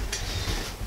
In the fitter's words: this hard drive plate make it click into place now